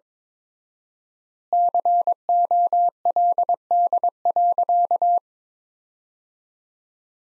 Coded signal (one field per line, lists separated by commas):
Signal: Morse code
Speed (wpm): 22 wpm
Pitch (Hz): 700 Hz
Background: none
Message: COLD.